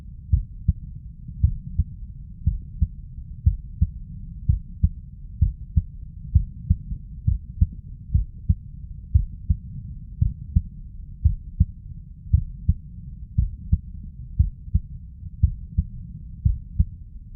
Stethoscope Chest Heart Heartbeat Clean.